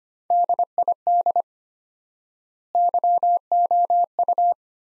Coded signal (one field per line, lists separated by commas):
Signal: Morse code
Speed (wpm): 25 wpm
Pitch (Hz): 700 Hz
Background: none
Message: DID YOU